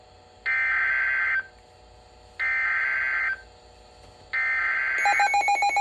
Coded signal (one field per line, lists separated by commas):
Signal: Emergency Alert System (SAME) tones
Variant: header bursts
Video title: EAS 2043-2054 (8/20 - 8/31/22)